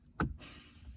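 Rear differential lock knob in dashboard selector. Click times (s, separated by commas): 0.2 s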